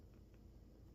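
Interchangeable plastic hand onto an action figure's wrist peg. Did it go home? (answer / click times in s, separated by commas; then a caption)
no / none. An interchangeable plastic hand is being handled and pushed toward an action figure's wrist peg, swapped in so it will snap on and stay put. Only low, steady background noise with a couple of faint soft handling sounds is heard. Nothing has seated or clicked yet; the hand is not yet home.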